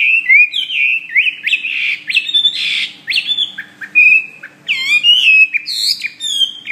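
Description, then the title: Bird warbling continuously, a rich stream of slurred whistled notes that shift up and down in pitch without a break. "SuaraBurung Kicau"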